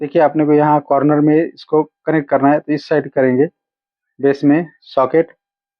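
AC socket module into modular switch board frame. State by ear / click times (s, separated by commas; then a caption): not seated / none. An AC power socket module is being handled for fitting into a modular switch board base or frame, while someone talks throughout. Nothing has seated or clicked yet.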